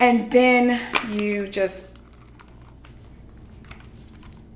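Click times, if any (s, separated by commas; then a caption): 3.7 s. Someone talks briefly, then a plastic piece is pushed up into a Momcozy M9 Mobile Flow wearable breast pump. After a few faint handling ticks, it snaps in with a short, sharp click at 3.7 s and seats securely, making the fit much more secure.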